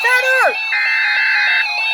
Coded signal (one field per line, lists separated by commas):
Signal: Emergency Alert System (SAME) tones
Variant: header bursts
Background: speech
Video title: EXTREMELY RARE x7 HEADERS... (YOUTUBE FIRST) EAS #117 - 123 WHY ENVIRONMENT CANADA